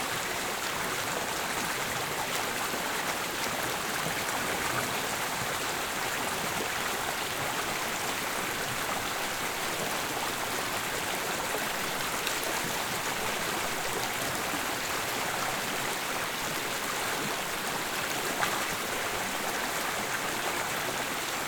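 A rushing brook roars without pause, its hiss dense and bright, spread from the low end up through the high treble. The level stays almost perfectly even for the whole stretch, with only a faint tick near eighteen seconds breaking the steady wash.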